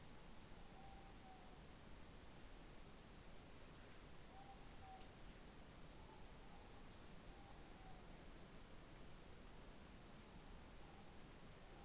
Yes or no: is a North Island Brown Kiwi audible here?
no